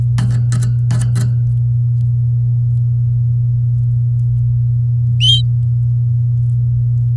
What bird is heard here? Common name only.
Domestic Canary